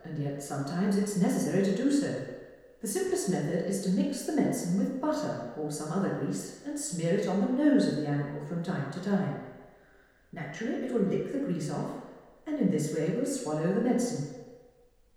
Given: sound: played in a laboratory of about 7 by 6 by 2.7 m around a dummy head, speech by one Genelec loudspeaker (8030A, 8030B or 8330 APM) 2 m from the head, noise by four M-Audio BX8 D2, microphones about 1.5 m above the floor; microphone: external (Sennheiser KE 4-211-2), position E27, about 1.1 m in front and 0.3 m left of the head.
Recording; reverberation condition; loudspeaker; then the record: female speech in English; high; 60 degrees to the left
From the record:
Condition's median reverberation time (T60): about 1300 ms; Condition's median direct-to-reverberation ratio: about -4.0 dB